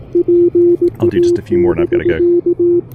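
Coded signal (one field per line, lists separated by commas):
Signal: Morse code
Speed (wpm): 18 wpm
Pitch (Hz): 350 Hz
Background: speech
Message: PA <BK>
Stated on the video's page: Super-portable CW park activation with an Elecraft KH1 on a right-angle antenna adapter, keyed with a pressure paddle.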